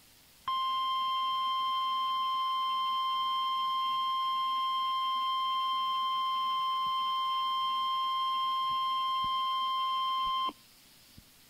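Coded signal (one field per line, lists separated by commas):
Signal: Emergency Alert System (SAME) tones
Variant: 1050 Hz attention tone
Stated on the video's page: Fire warning alert tones broadcast by NOAA weather radio station, relayed by the National Weather Service.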